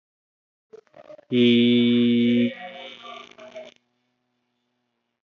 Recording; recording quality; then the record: sustained vowel as in beet; excellent, no background noise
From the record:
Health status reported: healthy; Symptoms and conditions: diabetes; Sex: male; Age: 38 years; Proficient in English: yes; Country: India